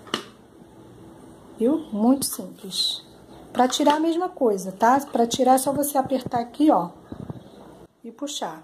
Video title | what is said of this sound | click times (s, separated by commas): MOP GIRATORIO FLASH LIMP É BOM MESMO? Tirando dúvidas | tem mistério nenhum ele vai fazer um clique | 0.1 s